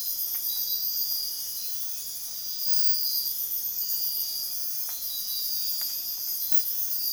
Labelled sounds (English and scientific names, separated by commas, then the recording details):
none
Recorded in dense forest near Puerto Asís, Putumayo, Colombia, on 18 February 2024 at 05:30
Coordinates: 0.502, -76.326
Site G6460